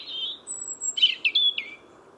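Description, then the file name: European robin song made of a long thin whistle, a very high drawn-out note, then several clipped notes in quick succession. "Erithacus rubecula"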